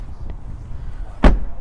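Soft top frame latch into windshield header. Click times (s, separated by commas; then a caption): 1.2 s. The folded soft top frame of a Bronco is lowered onto the windshield header and its latch is closed. After a faint tick at 0.3 s, a sharp, loud snap at 1.2 s marks the latch seating shut, with low background rumble throughout.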